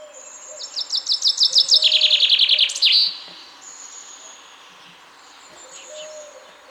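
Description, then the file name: Common chaffinch song: a quick run of bright notes falling into a descending trill and ending in a short flourish, followed by softer, higher calls. "Fringilla coelebs"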